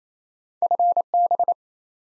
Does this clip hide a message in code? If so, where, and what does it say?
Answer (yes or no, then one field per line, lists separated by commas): yes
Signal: Morse code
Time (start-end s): 0.6-1.5 s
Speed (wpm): 28 wpm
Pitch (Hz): 700 Hz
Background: none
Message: FB